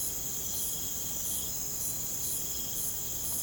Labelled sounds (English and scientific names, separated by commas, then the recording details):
none
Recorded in pastures near Puerto Asís, Putumayo, Colombia, on 25 June 2025 at 01:30
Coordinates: 0.472, -76.331
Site G095